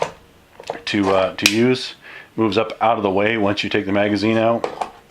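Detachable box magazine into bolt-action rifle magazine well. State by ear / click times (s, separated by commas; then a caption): not seated / none. A detachable box magazine is handled at the magazine well of a Savage 110 Tactical bolt-action rifle, with a few brief clicks near the start while someone talks. Nothing has seated or clicked home yet.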